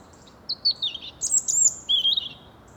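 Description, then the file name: European robin song: thin, high warbled phrases sliding up and down, in three bursts separated by brief pauses, over faint background hiss. "Erithacus rubecula"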